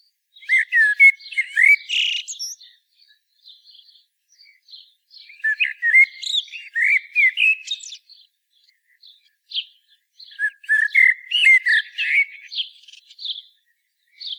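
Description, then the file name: Common blackbird song in three bursts, fluting notes run into shrill twittering flourishes, with faint soft notes filling the pauses. "Turdus merula"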